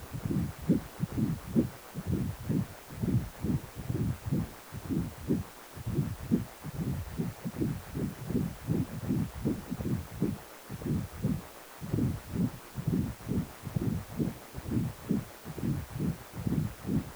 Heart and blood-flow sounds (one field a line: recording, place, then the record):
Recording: Doppler ultrasound of blood flow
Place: precordium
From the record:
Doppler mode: continuous wave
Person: healthy adult, 18 to 50 years, no heart murmur, not diving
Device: 2.5 MHz transducer